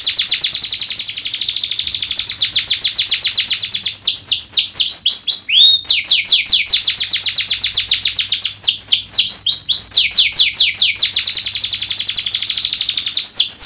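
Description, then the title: Domestic canary song: long, continuous rapid trills of downslurred notes, interrupted by brief swooping phrases, repeated across the whole stretch. Lively singing canary with the best melodic twists (cengkok) and rich fill-in phrases (isian). "Kenari Gacor Cengkok Terbaik Isian Paling Mewah Kenarigacor Kicaumania Kenari"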